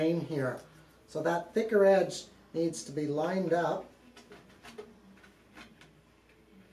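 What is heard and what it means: Someone talks while lining up the thicker edge of a plastic track strip for a sliding boat window and sliding it along the window frame toward the other piece, with soft sliding and contact knocks at about 4.2, 4.3 and 5.8 seconds. The strip has not yet snapped in, and no click is heard.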